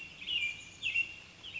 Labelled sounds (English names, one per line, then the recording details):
American Robin
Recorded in Sonoma County, California